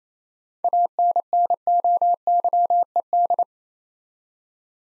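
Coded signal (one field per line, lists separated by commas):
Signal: Morse code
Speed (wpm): 29 wpm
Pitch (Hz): 700 Hz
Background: none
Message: ANNOYED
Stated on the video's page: Morse practice at 28 wpm sending seven-letter words for head-copy, each word sent twice.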